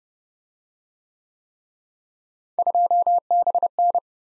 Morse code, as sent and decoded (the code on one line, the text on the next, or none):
..--- -... -.
2BN